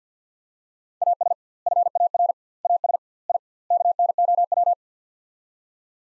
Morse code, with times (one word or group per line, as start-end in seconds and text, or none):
1.0-1.3 AS
1.7-2.3 FAR
2.7-3.0 AS
3.3-3.4 I
3.7-4.7 KNOW